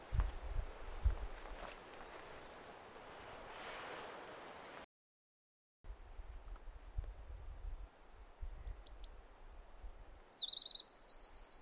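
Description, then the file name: Eurasian wren song: a fast, high, even trill for about three seconds, a brief dropout, then a jumbled run of sharp, rattling notes near the end, over low rumble. "Troglodytes troglodytes"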